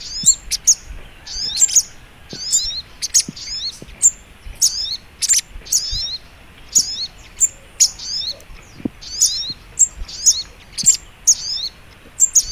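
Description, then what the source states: Little Spiderhunter singing a fast series of high, thin, tumbling chirps, phrases coming about every second without a break. Masteran (training) recording, labaik variant.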